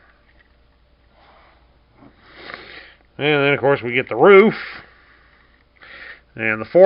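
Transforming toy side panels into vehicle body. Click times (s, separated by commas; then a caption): 2.5 s. The plastic side panels of a transforming robot toy are brought up and pressed together into the vehicle body, and a single sharp plastic snap at 2.5 s shows them seating into place. Quiet handling sounds come before and after the snap, and someone then talks.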